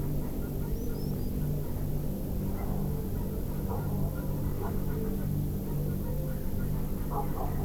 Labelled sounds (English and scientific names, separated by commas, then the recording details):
Common Sandpiper (Actitis hypoleucos)
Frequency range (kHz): Common Sandpiper (Actitis hypoleucos) 4.5-6.2 kHz
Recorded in France